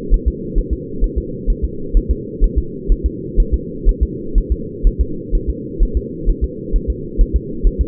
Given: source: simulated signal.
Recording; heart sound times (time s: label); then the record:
fetal heart sounds
0.14 s: S1
0.28 s: S2
0.58 s: S1
0.73 s: S2
1.04 s: S1
1.18 s: S2
1.50 s: S1
1.64 s: S2
1.97 s: S1
2.11 s: S2
2.44 s: S1
2.58 s: S2
2.92 s: S1
3.06 s: S2
3.40 s: S1
3.54 s: S2
3.89 s: S1
4.03 s: S2
4.38 s: S1
4.52 s: S2
4.87 s: S1
5.01 s: S2
5.35 s: S1
5.50 s: S2
5.83 s: S1
5.97 s: S2
6.29 s: S1
6.44 s: S2
6.76 s: S1
6.90 s: S2
7.21 s: S1
7.36 s: S2
7.67 s: S1
7.81 s: S2
From the record:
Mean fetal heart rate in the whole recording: 130 bpm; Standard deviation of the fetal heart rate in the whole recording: 4 bpm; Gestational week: 38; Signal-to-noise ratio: -4.3 dB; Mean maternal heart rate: 72 bpm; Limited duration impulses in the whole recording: absent